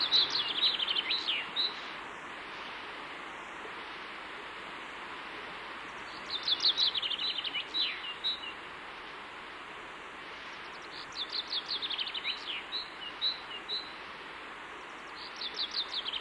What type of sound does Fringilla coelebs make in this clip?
song